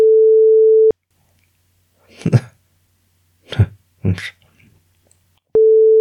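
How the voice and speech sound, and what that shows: Three brief, abrupt mouth and throat noises, short grunt-like bursts and a smacking sound, come in quick succession between steady beep tones. These are simple vocal tics in an adult man with Tourette syndrome: sudden, involuntary sounds with no words, such as little grunts, hums, lip smacks and tongue noises.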